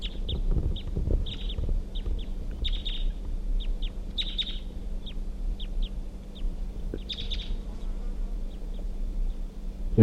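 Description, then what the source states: Crossbill calling with a long series of sharp, repeated chip notes, some doubled, over low rumbling and a constant hum. Crossbills heard nearby just after the wild female flew off from the caged bird; about 4:55 p.m.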